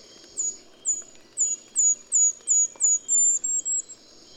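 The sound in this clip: Golden-crowned kinglet song: a series of very high, thin, falling notes that accelerate and flatten into a short rapid run at the end.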